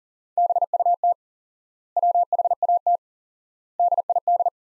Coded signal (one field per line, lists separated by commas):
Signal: Morse code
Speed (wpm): 40 wpm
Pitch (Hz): 700 Hz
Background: none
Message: BUT WHAT DID